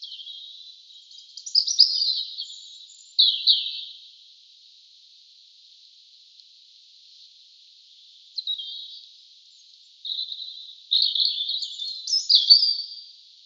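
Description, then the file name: European robin singing high, tinkling, varied phrases of slurred whistles and trills, delivered in short bursts separated by pauses, with a quiet stretch midway. "Erithacus rubecula"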